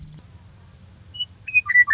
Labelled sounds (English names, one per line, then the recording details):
Western Meadowlark
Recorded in Sonoma County, California